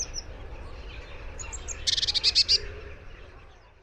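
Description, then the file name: Eurasian blue tit with a few faint high notes, then a short burst of rapid, scratchy high-pitched notes in the middle. "Cyanistes caeruleus"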